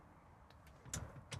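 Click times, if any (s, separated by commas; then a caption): none. A single latch on the convertible bed frame of a 2023 Winnebago Solis 59P Pop Top is handled and operated, giving short, sharp handling knocks around 0.5, 0.9 and 1.3 seconds over a low background. The clip ends just before the latch locks the bed in place, so nothing has seated or clicked yet.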